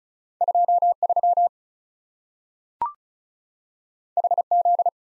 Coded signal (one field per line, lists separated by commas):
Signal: Morse code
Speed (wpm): 36 wpm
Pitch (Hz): 700 Hz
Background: none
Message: 2 3 H Z